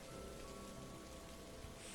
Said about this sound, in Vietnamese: Ở bên ngoài trời mưa càng lúc càng nặng hạt hơn, tiếng sấm động đùng đùng không ngớt lấn át đi hoàn toàn tiếng xương khớp bị bẻ gãy trong căn nhà nhỏ của thầy Mộc. Mãi lâu sau cơn mưa mới có dấu hiệu nhỏ lại.